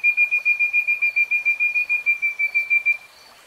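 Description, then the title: Nightingale: a steady series of pure whistled notes at one pitch, repeated rapidly for about three seconds, then falling silent. Nightingale singing in real time. "[Tiếng chim hót] Nightingale Singing"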